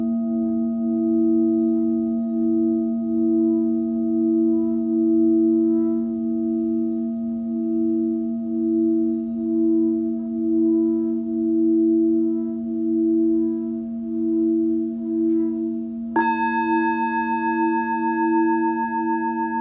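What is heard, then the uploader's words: A Tibetan singing bowl hums with a steady, low ringing tone and a few fainter overtones, its volume gently swelling and fading in slow pulses. Around sixteen seconds a second strike adds brighter, higher ringing tones that carry on to the end. Tibetan Singing Bowl. 深夜のメキシコより シンギングボウルの音色をお届けしました。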